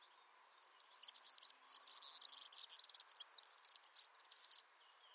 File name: Serin cini